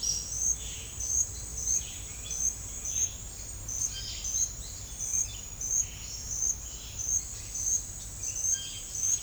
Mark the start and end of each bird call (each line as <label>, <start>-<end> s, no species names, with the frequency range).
bird call (1.4-4.5 kHz), 0.59-0.95 s
bird call (1.2-5.1 kHz), 1.50-3.17 s
bird call (1.5-5.9 kHz), 3.76-5.54 s
bird call (0.6-5.2 kHz), 8.30-9.23 s